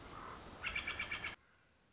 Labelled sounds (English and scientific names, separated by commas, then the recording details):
Common Raven (Corvus corax)
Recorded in Sonoma County, California